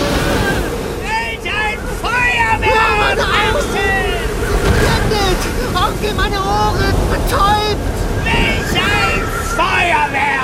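Rough, stormy sea water churns and surges steadily with gusting hurricane wind, loud throughout, lifting and tossing a raft on the waves, while high wavering cries or creaks rise and fall above the roar.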